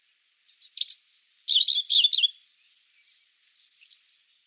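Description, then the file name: Asian brown flycatcher song: three short bursts of thin, high twittering notes with quick squeaky slurs, separated by silent gaps, the middle burst longest. "Muholovka shirokokljuvaja"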